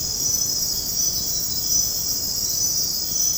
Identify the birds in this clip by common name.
none